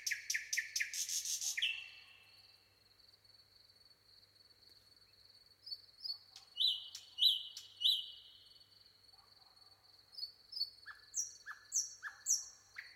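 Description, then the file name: Common nightingale singing a fast buzzy rattle, then whistled notes repeated three times and a few higher repeated notes, with a constant thin high tone behind. "Luscinia megarhynchos"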